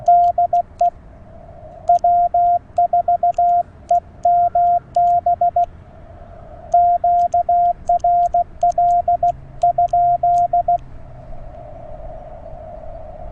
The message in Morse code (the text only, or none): DE W4EMB QRL?